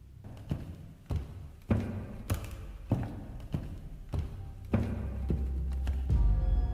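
A man's heavy footsteps thud in the dark of night in a slow, steady rhythm, about ten dull low-pitched steps that grow gradually louder as they approach, with no voices.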